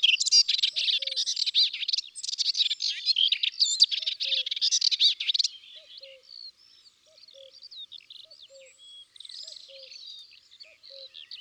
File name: Hypolais polyglotte Chants doiseaux dans la campagne